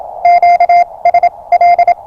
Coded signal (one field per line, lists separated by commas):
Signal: Morse code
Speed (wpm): 27 wpm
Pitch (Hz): 690 Hz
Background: radio noise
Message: QSL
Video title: Time for prepping. Rapid deployment of QCX-mini and a 5m whip in the forest.